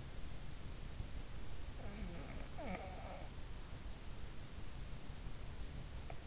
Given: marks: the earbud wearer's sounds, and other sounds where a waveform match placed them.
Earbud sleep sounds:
sounds in sleep by an in-ear microphone; breath
1.23-3.75 s: breath

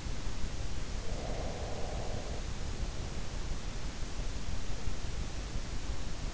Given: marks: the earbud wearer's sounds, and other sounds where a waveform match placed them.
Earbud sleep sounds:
sounds in sleep by an in-ear microphone; breath
1.06-3.08 s: breath

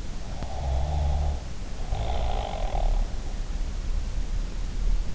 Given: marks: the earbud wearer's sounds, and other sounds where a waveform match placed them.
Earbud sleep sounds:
sounds in sleep by an in-ear microphone; snoring breath
0.42-2.90 s: snoring breath

